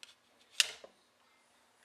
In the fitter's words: can you hear that click